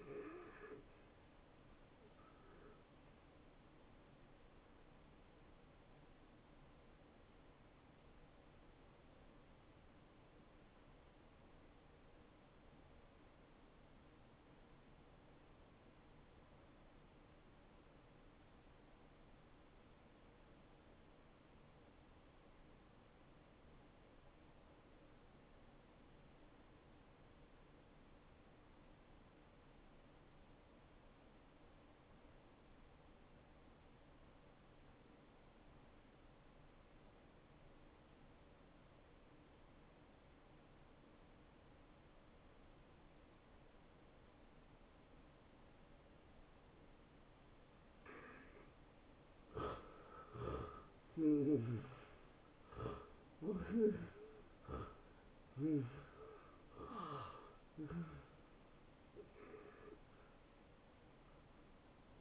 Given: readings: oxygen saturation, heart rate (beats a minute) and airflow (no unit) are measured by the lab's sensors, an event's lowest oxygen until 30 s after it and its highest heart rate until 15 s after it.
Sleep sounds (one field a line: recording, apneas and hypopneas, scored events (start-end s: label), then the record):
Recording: breathing in sleep by a voice recorder at the bedside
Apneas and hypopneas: 1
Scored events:
11.00-49.00 s: obstructive apnea (N1, oxygen 95% highest, then 80% lowest)
27.00-57.00 s: new sleep stage, N2 (light sleep)
57.00-62.21 s: new sleep stage, N1 (lightest sleep)
From the record:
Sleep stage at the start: N1 (lightest sleep)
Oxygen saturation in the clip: 81 to 95%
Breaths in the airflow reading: 6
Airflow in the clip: -17.1 to 9.3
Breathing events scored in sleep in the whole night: 263 in 5.5 hours asleep